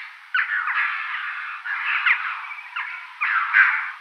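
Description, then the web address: Chough calls, rough squawking notes in quick irregular groups running almost continuously, with a few louder sharp accents. "Schulze Peter Chough calls"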